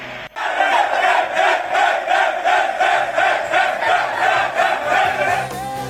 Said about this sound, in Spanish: La afición del Betis aplaude a su equipo de cara a la final.